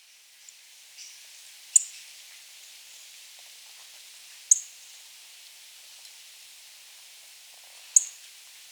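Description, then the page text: Little bunting calls: three short, sharp, high-pitched ticks spaced about three seconds apart, with soft hiss and a few faint clicks between them. "Little Bunting Call. Quick Sounds"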